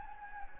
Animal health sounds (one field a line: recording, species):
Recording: mosquito wingbeat signal from an infrared sensor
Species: Anopheles gambiae